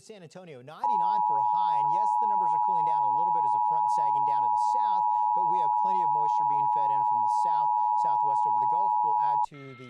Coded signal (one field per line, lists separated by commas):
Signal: Emergency Alert System (SAME) tones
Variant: 853 and 960 Hz attention tone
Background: speech